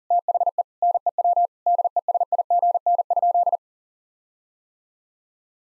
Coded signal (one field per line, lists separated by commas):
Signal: Morse code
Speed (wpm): 40 wpm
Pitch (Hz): 700 Hz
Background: none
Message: THE NEW DESIGN?